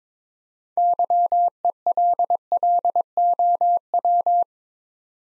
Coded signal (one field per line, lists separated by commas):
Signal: Morse code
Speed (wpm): 22 wpm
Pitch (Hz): 700 Hz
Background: none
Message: YELLOW